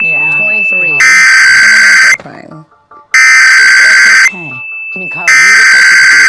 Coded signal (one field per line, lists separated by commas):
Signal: Emergency Alert System (SAME) tones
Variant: header bursts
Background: speech